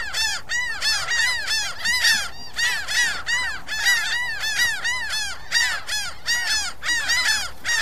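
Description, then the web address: Gulls giving a steady stream of loud, arching, nasal cries, several birds overlapping in quick succession throughout. "seagulls"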